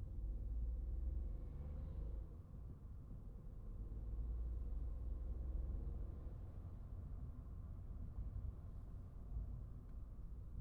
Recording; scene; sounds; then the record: everyday scene through a hearing-aid microphone; in a vehicle; engine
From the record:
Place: Skoda Fabia, gasoline engine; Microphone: behind the ear, right, rear